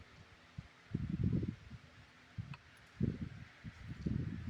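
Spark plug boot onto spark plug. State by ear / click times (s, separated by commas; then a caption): not seated / none. A rubber spark plug boot is handled and pushed toward the spark plug terminal on a Cub Cadet XT1 lawn mower engine, producing bursts of low rubbery rustling and scraping with a brief sharper tick at 2.5 s. The boot has not clicked or seated on the plug yet.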